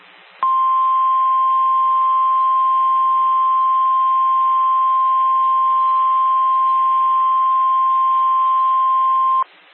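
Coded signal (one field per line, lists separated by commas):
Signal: Emergency Alert System (SAME) tones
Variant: 1050 Hz attention tone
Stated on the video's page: Valid, real EAS tones from a flash flood warning.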